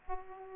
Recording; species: mosquito wingbeat signal from an infrared sensor; Aedes aegypti